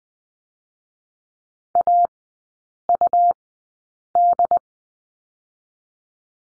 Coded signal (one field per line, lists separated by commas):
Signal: Morse code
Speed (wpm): 20 wpm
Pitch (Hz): 700 Hz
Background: none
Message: AUD